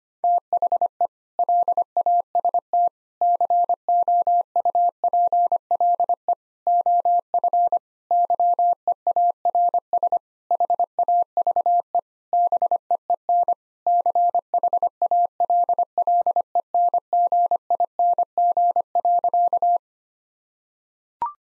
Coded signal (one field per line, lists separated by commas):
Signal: Morse code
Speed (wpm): 25 wpm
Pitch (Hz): 700 Hz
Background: none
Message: THE LAST COUPLE OF YEARS HAVE BEEN CHALLENGING.